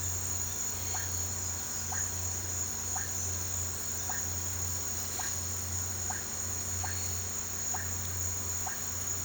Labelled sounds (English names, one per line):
none